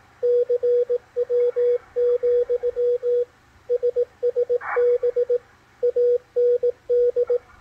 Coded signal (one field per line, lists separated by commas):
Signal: Morse code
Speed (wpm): 18 wpm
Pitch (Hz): 490 Hz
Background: radio noise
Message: CW, SSB AND